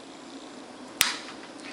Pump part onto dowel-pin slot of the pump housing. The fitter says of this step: put it on there and twist it clicks